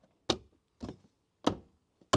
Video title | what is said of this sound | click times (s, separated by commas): 2024 Highland Tesla Model 3 - Installing a Tow Hitch (Torklift EcoHitch Install) | all right let's smack that boy into place you hear those other clicks here let me show you what that's from that's this middle part going back into place | 0.3 s, 2.1 s